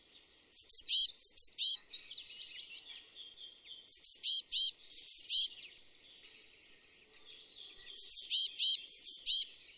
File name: Cyanistes caeruleus